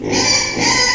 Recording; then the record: squeal of a Yucatan mini pig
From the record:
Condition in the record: before surgery on the right vocal fold (resection and tissue-engineered implant); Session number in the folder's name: 2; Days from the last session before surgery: 0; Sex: male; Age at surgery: 12 weeks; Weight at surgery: 13 kg